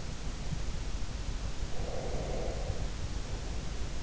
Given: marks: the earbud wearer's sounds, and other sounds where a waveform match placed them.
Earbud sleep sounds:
sounds in sleep by an in-ear microphone; breath
1.80-3.75 s: breath

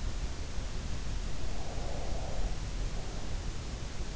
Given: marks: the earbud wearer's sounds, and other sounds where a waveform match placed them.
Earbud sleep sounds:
sounds in sleep by an in-ear microphone; breath
1.05-3.72 s: breath

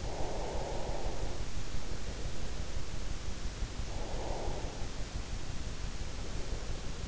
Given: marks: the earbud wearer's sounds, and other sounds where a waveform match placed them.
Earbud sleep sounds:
sounds in sleep by an in-ear microphone; breath
0.00-2.39 s: breath
3.86-7.02 s: breath

